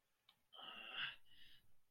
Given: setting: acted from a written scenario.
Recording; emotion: vocal sound without words; pain